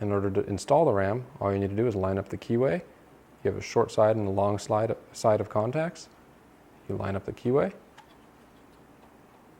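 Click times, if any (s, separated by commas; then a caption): none. An 8 GB memory module for a Mac Pro 5,1 is lined up with the keyway of a motherboard DIMM slot, short side to short side, before being pushed down, while someone talks. Only faint handling ticks are heard, including a brief tick near 8.0 s. The stick has not yet seated or clicked into place.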